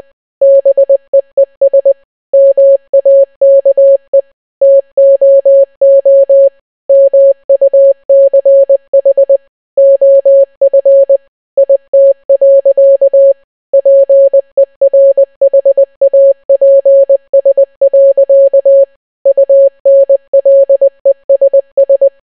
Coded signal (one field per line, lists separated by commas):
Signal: Morse code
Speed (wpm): 20 wpm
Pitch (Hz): 550 Hz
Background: none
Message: BEES MAKE TOO MUCH OF IT. PERHAPS. UNLESS